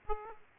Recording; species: mosquito wingbeat signal from an infrared sensor; Aedes aegypti